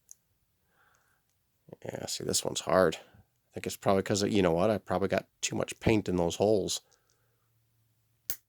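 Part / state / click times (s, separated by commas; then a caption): plastic model kit part into its mounting holes on the droid body / seated / 8.3 s. A hand-painted plastic styrene part from an astromech droid model kit is pushed into its mounting holes on the droid body, stiff because paint has built up in the holes, while someone talks. After a quiet pause, a sharp click comes at 8.3 seconds as the part snaps into place and seats.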